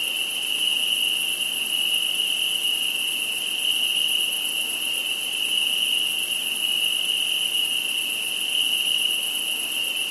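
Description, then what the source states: Insect chorus of constant high-pitched trilling, two steady shrill tones layered together, unchanging for the whole stretch. Insects at night.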